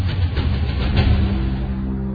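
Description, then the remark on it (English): A car engine rumbles low and steady with a faint rise like revving as the vehicle pulls away, with no voices. “So I got in my car, and I ran.”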